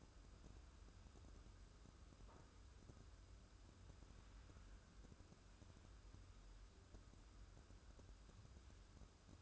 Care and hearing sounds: daily activity, microphone in the room; wipe stove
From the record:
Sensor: 2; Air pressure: 1015.0 hPa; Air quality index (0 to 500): 74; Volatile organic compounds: 1 ppm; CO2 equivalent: 908 ppm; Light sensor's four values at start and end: 13/35/14/15 and 13/35/14/15

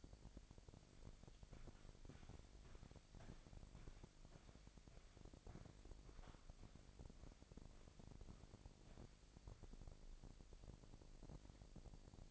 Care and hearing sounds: daily activity, microphone in the room; walk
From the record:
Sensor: 5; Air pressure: 1001.7 hPa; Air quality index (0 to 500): 183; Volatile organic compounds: 12 ppm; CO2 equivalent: 2351 ppm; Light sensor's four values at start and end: 31/104/39/42 and 31/103/39/41

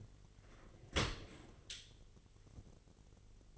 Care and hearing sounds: daily activity, microphone in the room; open dishwasher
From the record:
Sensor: 4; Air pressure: 1007.5 hPa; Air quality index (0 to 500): 200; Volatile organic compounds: 7 ppm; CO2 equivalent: 1994 ppm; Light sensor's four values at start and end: 22/70/26/26 and 22/70/26/26

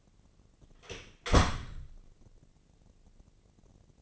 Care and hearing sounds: daily activity, microphone in the room; close door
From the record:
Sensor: 4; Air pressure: 1013.2 hPa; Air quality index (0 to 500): 178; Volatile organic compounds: 2 ppm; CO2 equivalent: 1122 ppm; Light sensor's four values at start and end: 99/250/102/109 and 71/172/73/73

